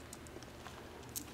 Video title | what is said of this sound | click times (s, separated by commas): Learn how to Rebuild a T5 Non World Class 5 Speed Transmission - Part II | so that you can just open the snap ring enough don't overstretch it and let it snap into place | 1.2 s